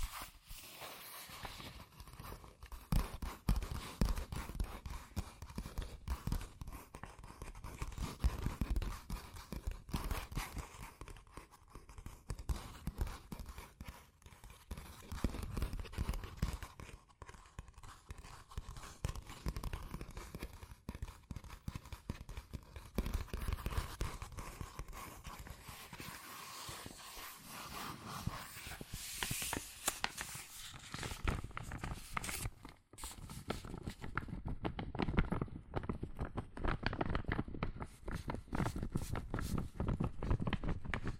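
Fast tapping and scratching on cardboard and paper runs for the whole length, a dense, uneven patter of quick hollow knocks mixed with rough scraping strokes. The loudness rises and dips in bursts, with brief lulls around 15 and 33 seconds.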